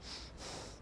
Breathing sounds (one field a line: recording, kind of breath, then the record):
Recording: one breath in and out by a microphone near the nose and mouth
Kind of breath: strong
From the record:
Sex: male